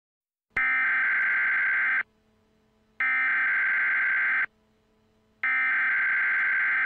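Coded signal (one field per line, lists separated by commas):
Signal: Emergency Alert System (SAME) tones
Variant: header bursts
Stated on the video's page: Fictional EAS short scenario about an expanding void in Aspen, Colorado.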